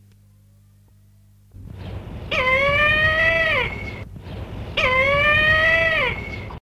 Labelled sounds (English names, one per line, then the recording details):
Brahminy Kite call
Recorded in captivity
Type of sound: call
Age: adult
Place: Tierpark Berlin, Berlin, DE
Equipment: Halbspur, 9,5 cm/s
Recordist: Lütgens, Hans
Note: Rufe